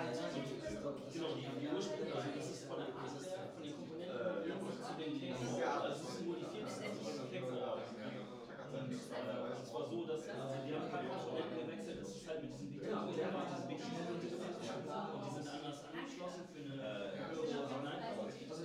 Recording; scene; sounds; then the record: everyday scene through a hearing-aid microphone; many people talking; many voices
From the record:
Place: bistro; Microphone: in the ear canal, right